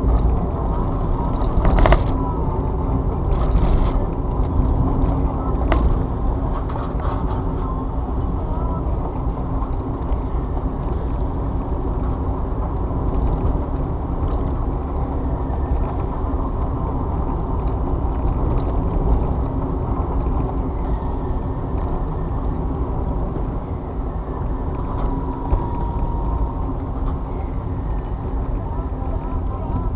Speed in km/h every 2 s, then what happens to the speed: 50, 50, 48, 47, 45, 48, 52, 52, 52, 50, 48, 48, 45, 42, 37.
0-9 steady at about 48. 9-12 speeds up to 52. 12-17 steady at about 52. 17-30 slows to 37.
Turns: none.